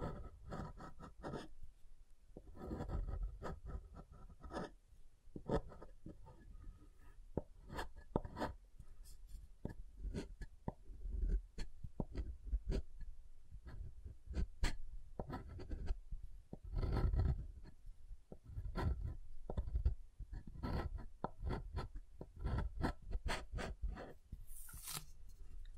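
Soap is tapped and carved in a dense run of short, crisp clicks and scrapes, several per second, each with a dull low thump beneath. The pace stays busy and irregular throughout, with a brief brighter scrape right at the end.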